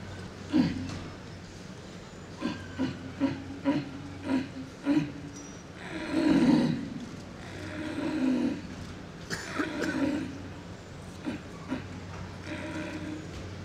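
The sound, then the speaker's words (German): A human voice imitates the roar of a sitting, resting stag at the end of the rut, somewhat tired: a run of short, deep grunts followed by several longer, hoarse, drawn-out groans with a weary, subdued tone. “Sitzender Hirsch am Ende der Brumpf.”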